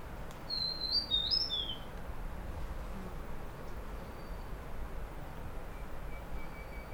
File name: Huets Fulvetta Song 120508 Fujian Dai Yun Shan